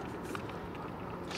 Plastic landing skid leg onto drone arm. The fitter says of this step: pretty simple just slide it in here snap into place like that